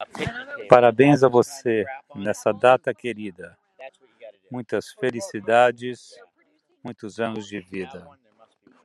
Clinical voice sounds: short text; Brazilian Portuguese; male; 60 to 69 years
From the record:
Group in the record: control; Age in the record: 63 years

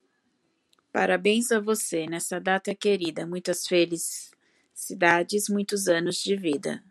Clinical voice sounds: short text; Brazilian Portuguese; female; 40 to 49 years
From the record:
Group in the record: control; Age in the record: 44 years

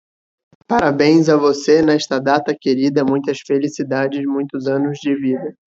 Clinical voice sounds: short text; Brazilian Portuguese; male; 20 to 29 years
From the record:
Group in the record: control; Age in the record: 24 years

